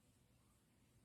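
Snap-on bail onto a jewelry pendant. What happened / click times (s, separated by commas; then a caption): Handled, not yet home: the small metal clasp has not snapped closed / none. A snap-on metal bail is being pressed closed by hand onto a jewelry pendant. Only a steady low background hum and hiss is heard, with no distinct sharp sound. The bail is still being handled and nothing has seated or clicked yet.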